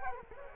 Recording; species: mosquito wingbeat signal from an infrared sensor; Culex quinquefasciatus